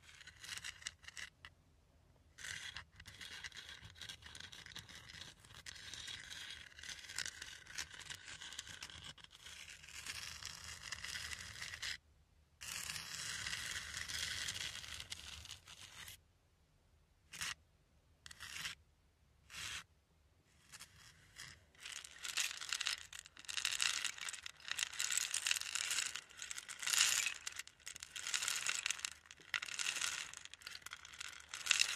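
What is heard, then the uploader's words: A rain stick pours a dense, bright rattle of tiny pellets in long runs, broken by brief silences, with shorter louder bursts toward the end. Rain stick.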